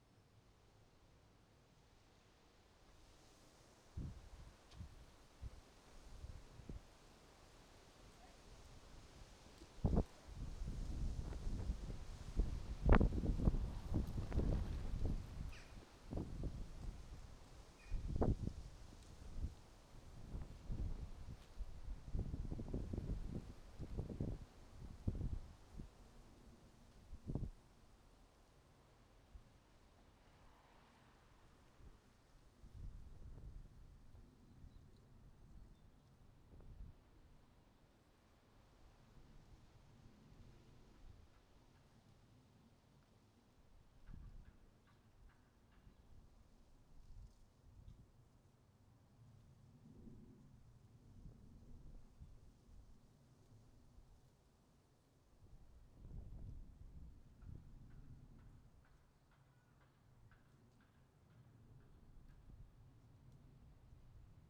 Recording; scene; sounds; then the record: everyday scene through a hearing-aid microphone; wind on the microphone; wind, traffic, birds, plane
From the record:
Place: suburban garden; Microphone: in the ear canal, right